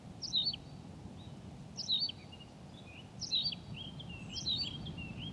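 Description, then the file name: Tawny pipit song: a sharp chirped phrase repeated about every one and a half seconds, with softer twittering notes between, over a low background rumble. "Pipit rousseline Anthus campestris"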